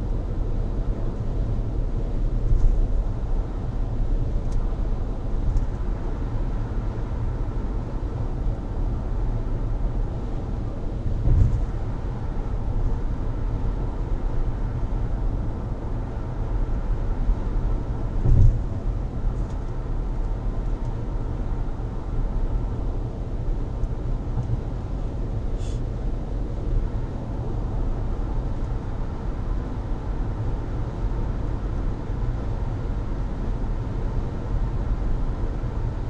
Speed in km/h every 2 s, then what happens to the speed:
82, 82, 82, 82, 83, 82, 82, 83, 83, 84, 84, 85, 85, 86, 87, 86, 86, 86.
0-36 steady at about 83.